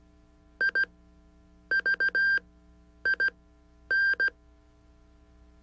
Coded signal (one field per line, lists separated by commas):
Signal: Morse code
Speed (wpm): 16 wpm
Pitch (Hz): 1600 Hz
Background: none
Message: I V I N